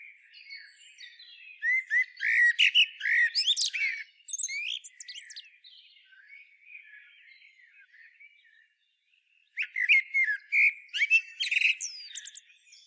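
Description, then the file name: Common blackbird song: a long fluted phrase with rapid high squeaks, soft subdued twittering, then after a brief silence another warbling, chattering phrase. "Turdus merula"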